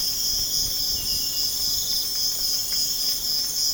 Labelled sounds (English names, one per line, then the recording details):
none
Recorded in pastures near Puerto Asís, Putumayo, Colombia, on 25 June 2025 at 04:30
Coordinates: 0.496, -76.326
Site GP01